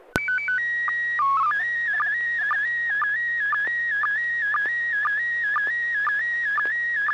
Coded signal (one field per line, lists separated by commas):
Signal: SSTV (slow-scan television)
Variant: PD 120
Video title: N6NA SSTV Net - 08/17/2022